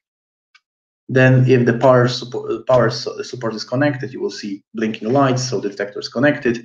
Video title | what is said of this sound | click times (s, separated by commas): SATEL Webinar: Introducing the SLIM LINE Series of Motion Detectors | goes very very fast you need to hear a click | 0.6 s